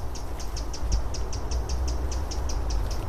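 A tit gives a steady series of sharp, high alarm notes, roughly five per second, repeating evenly over a low background rumble with no talking.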